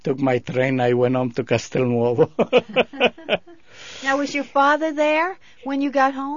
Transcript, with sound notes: I took my train, I went home to Castelnuovo. (they laugh)
Now, was your father there when you got home?